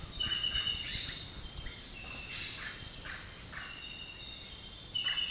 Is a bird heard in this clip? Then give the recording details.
yes. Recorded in pastures near Puerto Asís, Putumayo, Colombia, on 29 June 2025 at 06:00. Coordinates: 0.466, -76.322. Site GP07